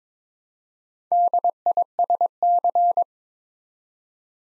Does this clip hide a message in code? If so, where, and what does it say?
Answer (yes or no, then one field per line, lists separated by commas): yes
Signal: Morse code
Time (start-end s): 1.1-3.0 s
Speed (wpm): 22 wpm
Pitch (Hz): 700 Hz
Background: none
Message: DISC